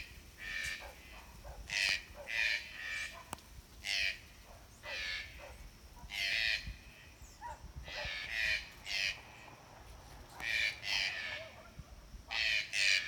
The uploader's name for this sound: two “green-billed toucan” serenade on Brazil